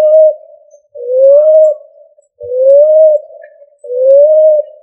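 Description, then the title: Pigeon coos: a steady series of soft, rising hooted notes, evenly spaced about every second and a half, with little else audible. "Familia Columbidae Pomba"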